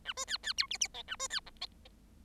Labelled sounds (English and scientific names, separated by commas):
Bengalese Finch (Lonchura striata domestica) song